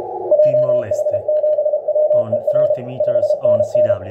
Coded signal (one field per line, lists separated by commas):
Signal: Morse code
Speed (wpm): 33 wpm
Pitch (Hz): 610 Hz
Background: speech, radio noise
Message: JH7WER 5NN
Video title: 4W8X TIMOR LESTE dxpedition on 30 meters CW!!! BOOMING SIGNAL 5NN !!!